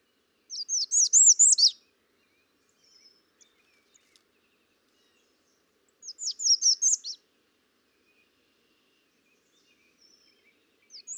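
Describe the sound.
American redstart singing high, thin, rapid series of slurred notes, each phrase about a second long, with long pauses between phrases and faint chirps.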